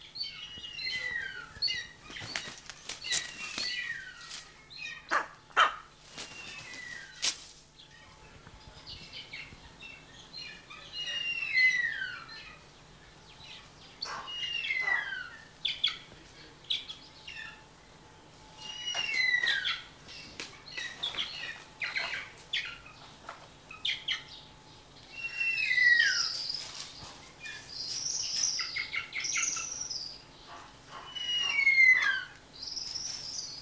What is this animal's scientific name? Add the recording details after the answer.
Harpia harpyja. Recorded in captivity. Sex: male. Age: adult. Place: Tierpark Berlin, Berlin, DE. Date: 1983-10-01 10:46. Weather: sonnig ca. 6°C, leichter Wind. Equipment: Nagra SN, Kopie Uher 4000 Report Monitor. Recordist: Tembrock, Günter. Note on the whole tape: Männchen des Paares (sie auf Nest): lange Rufreihen mit wenigstens 3 Lauttypen, von denen einer auch vom einzelnen Nachbar geäußert wird (zusammenhängend aufgenommen!). Teilweise sehr gute Aufnahme